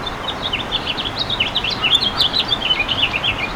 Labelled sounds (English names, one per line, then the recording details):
House Finch song
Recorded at Westbury on Long Island, New York, on 27 May 2013
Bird A